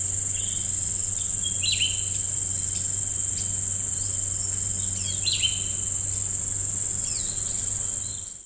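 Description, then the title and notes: Greater green leafbird song: short sharp whistled notes sliding down, in scattered bursts over a steady high insect-like hiss. Labelled by the local name cucak ijo. "Cucak Rante. Suara Cucak Ijo"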